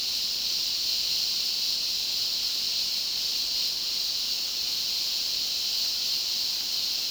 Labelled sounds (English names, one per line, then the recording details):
none
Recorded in dense forest near Puerto Asís, Putumayo, Colombia, on 21 February 2024 at 11:30
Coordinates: 0.499, -76.324
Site G6469